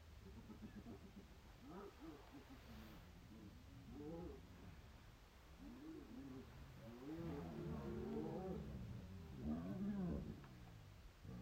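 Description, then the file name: Hyena calls: a series of short rising and falling harmonic yelps and whoops, several overlapping, over a steady low rumble and background hiss. "Hyenes"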